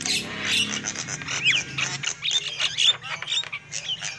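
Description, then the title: Lovebird chatter, brief shrill squeaks and twitters with a few sweeping whistles, over a low drone that weakens after about two seconds. Lure call used for trapping lovebirds. "PIKAT BURUNG LOVEBIRD"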